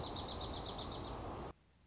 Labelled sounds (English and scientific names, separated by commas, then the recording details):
Dark-eyed Junco (Junco hyemalis)
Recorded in Sonoma County, California